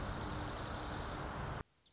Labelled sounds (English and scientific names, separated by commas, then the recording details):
Dark-eyed Junco (Junco hyemalis)
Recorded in Sonoma County, California